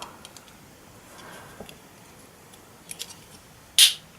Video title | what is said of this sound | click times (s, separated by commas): Un cube DIY en magasin? (Cube à construire sois même) | sa clique c'est très bien on va essayer de continuer à cliquer encore | 3.8 s